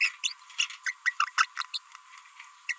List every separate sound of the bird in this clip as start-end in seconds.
0.01-0.15, 0.24-0.32, 0.59-0.76, 0.86-0.92, 1.06-1.13, 1.20-1.30, 1.38-1.45, 1.57-1.65, 1.74-1.78, 2.69-2.74